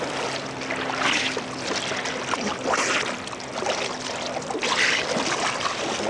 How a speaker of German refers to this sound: Jetzt haut er mit einem Motorboot ab.